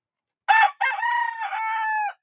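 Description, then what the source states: Chicken: rooster crowing, a short opening note followed after a brief gap by a long, slightly wavering harmonic crow lasting over a second. Domestic rooster crowing on a farm; roosters are hard to train to crow on cue, and crowing comes more readily when they compete with each other.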